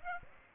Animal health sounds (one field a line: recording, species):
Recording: mosquito wingbeat signal from an infrared sensor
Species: Aedes aegypti